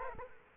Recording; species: mosquito wingbeat signal from an infrared sensor; Culex quinquefasciatus